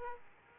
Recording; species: mosquito wingbeat signal from an infrared sensor; Aedes aegypti